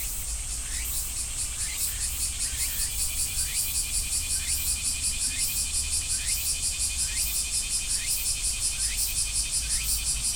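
A field recording in Kyoto: dense, shrill insect calls pulse in a fast, steady rhythm over a constant low rumble of traffic.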